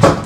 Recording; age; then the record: pig call; growing-finishing pig (85 days or more)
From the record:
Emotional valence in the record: positive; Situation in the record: run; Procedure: transit